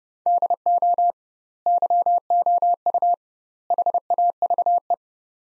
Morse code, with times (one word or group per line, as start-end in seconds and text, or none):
0.3-1.1 DO
1.7-3.1 YOU
3.7-4.9 HAVE